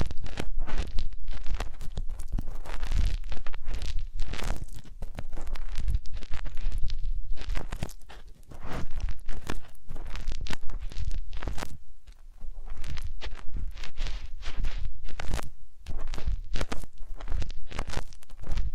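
Massage and ear cleaning sounds: dense, rapid rubbing and scratching strokes that crackle and rustle almost without pause. Brief quieter gaps come near eight and twelve seconds, and a low rumble runs underneath throughout.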